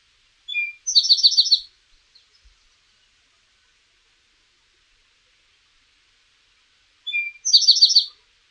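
Eastern towhee song: a couple of clear introductory notes followed by a fast, bright trill, sung twice about six seconds apart in otherwise quiet surroundings.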